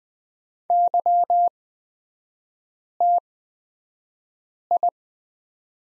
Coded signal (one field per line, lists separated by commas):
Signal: Morse code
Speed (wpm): 20 wpm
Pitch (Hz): 700 Hz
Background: none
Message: YTI